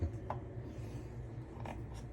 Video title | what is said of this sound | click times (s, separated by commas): Pressure canning my chicken stock for storing without refrigeration. | And there it goes. It's locked into place. | 0.3 s